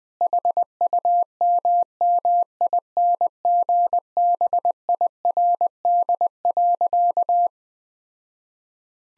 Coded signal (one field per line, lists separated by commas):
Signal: Morse code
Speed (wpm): 20 wpm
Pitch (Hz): 700 Hz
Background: none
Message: HUMMINGBIRD.